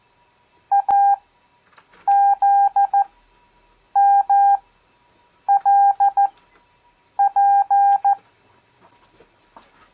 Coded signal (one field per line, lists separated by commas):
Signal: Morse code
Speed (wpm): 14 wpm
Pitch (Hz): 800 Hz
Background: none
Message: AZMLP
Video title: Copy Morse Code 7th Grade